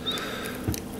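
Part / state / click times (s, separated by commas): plastic chainsaw accessory onto action figure arm / not seated / none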